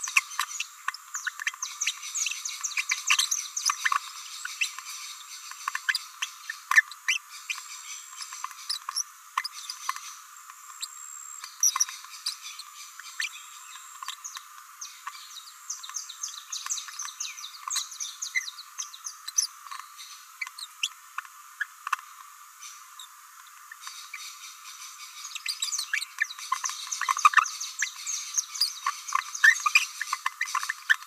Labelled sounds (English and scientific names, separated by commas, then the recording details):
Green-rumped Parrotlet (Forpus passerinus) babbling
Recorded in a nest box in Venezuela
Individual 18B17A4